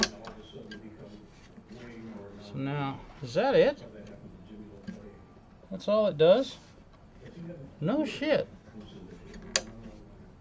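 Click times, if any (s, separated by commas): 9.6 s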